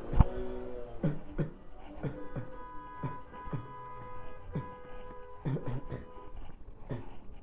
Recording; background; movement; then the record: voluntary coughing; traffic; walking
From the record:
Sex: male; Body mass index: 23.7 kg/m2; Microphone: on the chest, facing the body